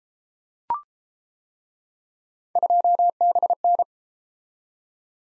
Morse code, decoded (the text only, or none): 2BN